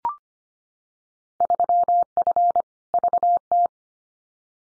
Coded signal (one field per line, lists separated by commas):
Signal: Morse code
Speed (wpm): 25 wpm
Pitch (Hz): 700 Hz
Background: none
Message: 3F VT